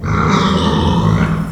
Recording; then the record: squeal of a Yucatan mini pig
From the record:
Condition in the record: after surgery on the right vocal fold (resection and tissue-engineered implant); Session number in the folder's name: 15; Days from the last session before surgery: 175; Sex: female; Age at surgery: 19 weeks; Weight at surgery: 25 kg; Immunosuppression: prednisolone